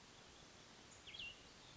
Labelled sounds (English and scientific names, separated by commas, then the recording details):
Cassin's Vireo (Vireo cassinii)
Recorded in Sonoma County, California